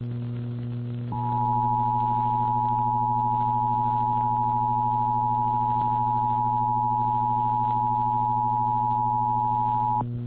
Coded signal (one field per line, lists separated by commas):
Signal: Emergency Alert System (SAME) tones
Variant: 853 and 960 Hz attention tone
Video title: Perfectly Timed EAS Test on WXYT-FM (8/11/21)